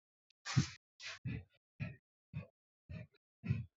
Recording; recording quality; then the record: shallow breathing; excellent, no background noise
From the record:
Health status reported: healthy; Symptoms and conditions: none ticked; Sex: female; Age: 24 years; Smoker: not ticked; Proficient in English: yes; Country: India